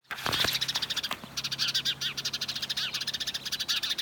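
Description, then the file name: House sparrow chattering in a busy, steady stream of quick chirps, with a low hum underneath. "Passer domesticus"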